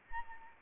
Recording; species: mosquito wingbeat signal from an infrared sensor; Anopheles arabiensis